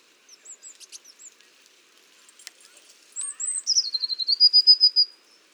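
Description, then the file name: Eurasian blue tit calls: a few thin high notes, then a bright descending note followed by a fast rippling trill of repeated high notes. "Cyanistes caeruleus"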